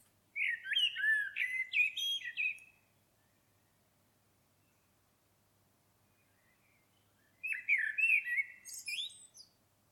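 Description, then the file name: Common blackbird singing two loud phrases of mellow, fluting warbled notes capped with high twitters, separated by about five seconds of quiet. "Turdus merula"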